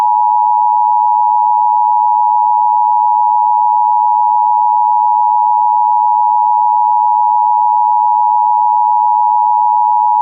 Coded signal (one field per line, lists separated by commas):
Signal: Emergency Alert System (SAME) tones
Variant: 853 and 960 Hz attention tone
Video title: EAS Scenario #1: Zombi-Nado